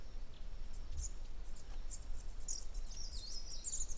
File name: vorosfeju oszapo hangja